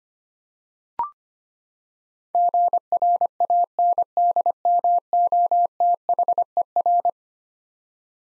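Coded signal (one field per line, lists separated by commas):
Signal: Morse code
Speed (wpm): 25 wpm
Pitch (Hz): 700 Hz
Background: none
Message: GRANDMOTHER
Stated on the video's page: Head-copy drill of eleven-letter words sent in Morse at 25 wpm, each word sent twice.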